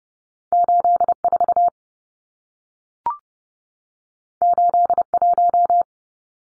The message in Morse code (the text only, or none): 84 81